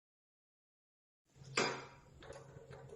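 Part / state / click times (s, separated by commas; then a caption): fuel tank cap lock into motorcycle fuel tank / seated / 1.6 s. A new fuel tank cap lock for a Hero Impulse motorcycle is set straight into the fuel tank opening after the old lock was removed with the old key. A sharp hit at 1.6 s seats the lock in place, and a fainter knock follows at 2.2 s.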